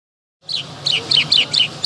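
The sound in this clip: Lark giving a quick run of high, bright chirps and short trilled notes, several bursts over a faint low hum.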